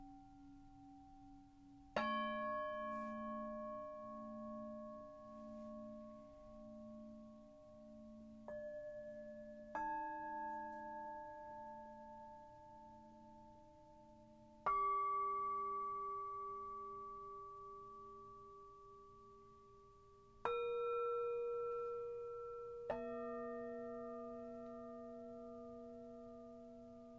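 Singing bowls are struck one at a time, about six strikes spaced a few seconds apart, each ringing out clear and bright before slowly fading. A low, wavering hum pulses steadily underneath, and the struck notes shift in pitch between strikes.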